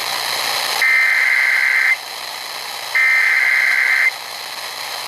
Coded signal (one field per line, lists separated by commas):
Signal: Emergency Alert System (SAME) tones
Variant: header bursts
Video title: STREAMING SERVICES... EAS Alerts from 9/8/21 (EAS #6,294 - 6,315)